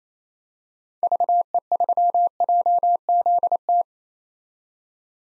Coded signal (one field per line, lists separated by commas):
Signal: Morse code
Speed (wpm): 28 wpm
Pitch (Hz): 700 Hz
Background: none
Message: VE3JZT